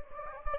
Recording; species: mosquito wingbeat signal from an infrared sensor; Anopheles gambiae